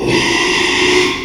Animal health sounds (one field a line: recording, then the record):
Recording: squeal of a Yucatan mini pig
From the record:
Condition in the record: after surgery on the right vocal fold (resection and tissue-engineered implant)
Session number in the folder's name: 1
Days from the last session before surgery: 6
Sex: male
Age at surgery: 12 weeks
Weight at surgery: 13 kg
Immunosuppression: cyclosporine, prednisolone